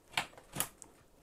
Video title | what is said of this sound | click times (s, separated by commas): How To Install PC DDR4 RAM & Configure PC To Boot FIRST Time | and it snaps into place | 0.2 s, 0.6 s